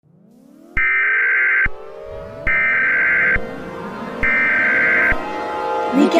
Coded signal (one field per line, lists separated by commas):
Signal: Emergency Alert System (SAME) tones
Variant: header bursts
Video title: EAS Scenario #2 G Major 2 Sky